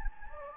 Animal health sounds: mosquito wingbeat signal from an infrared sensor; Anopheles gambiae

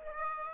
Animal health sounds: mosquito wingbeat signal from an infrared sensor; Aedes aegypti

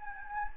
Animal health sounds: mosquito wingbeat signal from an infrared sensor; Anopheles gambiae

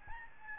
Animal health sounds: mosquito wingbeat signal from an infrared sensor; Aedes albopictus

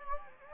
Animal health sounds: mosquito wingbeat signal from an infrared sensor; Anopheles gambiae

